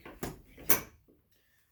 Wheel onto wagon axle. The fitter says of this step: There, you have to really, not really, but you gotta shove it in there till you hear a click.